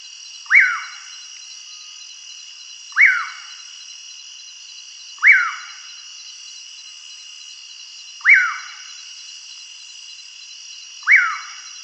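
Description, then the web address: Common Pauraque giving a short sliding whistled call, repeated about every two to three seconds, five times, over a steady high insect chorus. Recorded in the Pantanal. "sescpantanal multimidia curiango"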